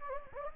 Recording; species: mosquito wingbeat signal from an infrared sensor; Anopheles gambiae